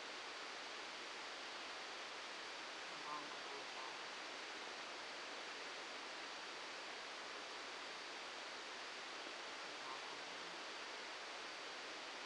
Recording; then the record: brain microelectrode recording played as sound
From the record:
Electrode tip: outside the subthalamic nucleus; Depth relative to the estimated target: 1 mm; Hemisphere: left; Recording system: NeuroSet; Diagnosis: Parkinson's disease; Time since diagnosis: 7 years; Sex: male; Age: 44 years